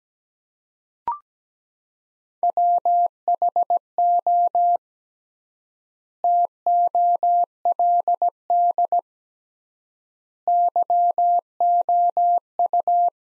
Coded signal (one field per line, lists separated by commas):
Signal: Morse code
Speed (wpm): 17 wpm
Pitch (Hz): 700 Hz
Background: none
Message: WHO TOLD YOU